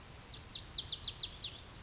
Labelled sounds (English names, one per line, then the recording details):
Lazuli Bunting
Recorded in Sonoma County, California